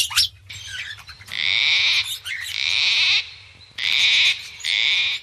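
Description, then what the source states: Gang-gang cockatoo giving several harsh, grating screeches separated by short pauses. Screech often compared to a rusty gate; species cited as gradually evolving its face shape in response to a warming planet.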